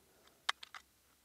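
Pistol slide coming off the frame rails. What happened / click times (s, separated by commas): The metal slide released and came free / 0.5 s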